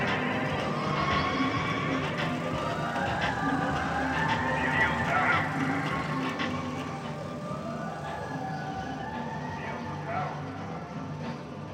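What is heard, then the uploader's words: A busy arcade hall with a steady, dense wash of machine noise, overlapping voices, and bright electronic tones and jingles rising and falling throughout. Int Coney Island Arcade IV, Arcade Games by Bandeto.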